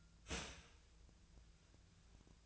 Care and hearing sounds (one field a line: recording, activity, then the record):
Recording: daily activity, microphone in the room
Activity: start toaster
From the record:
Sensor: 2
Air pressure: 1009.1 hPa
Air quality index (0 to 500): 186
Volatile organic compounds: 11 ppm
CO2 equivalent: 2311 ppm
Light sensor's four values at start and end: 17/44/18/20 and 18/46/19/21